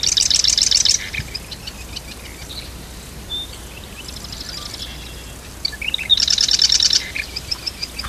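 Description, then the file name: Marsh wren giving two loud, buzzy rattling songs near the start and end, with quieter chattering notes in between and a steady noisy background. Recorded in Dorchester County, Maryland, in July 2009. "Marsh Wren Dorchester Co MD"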